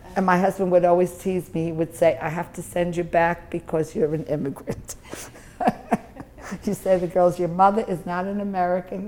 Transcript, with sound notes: And my husband would always tease me, he would say, I have to send you back because you're an immigrant. (laughs heartily) He'd say to the girls, you're mother is not an American.